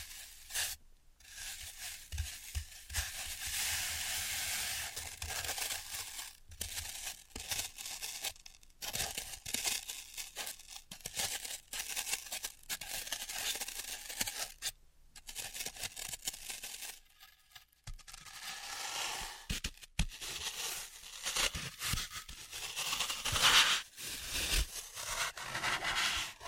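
Floral foam is cut, crushed and scraped, giving a dense, gritty crackle and hiss that runs almost continuously. Brief silent gaps break it up near the start, around 15 seconds and around 17 seconds, and sharp taps and snaps land throughout.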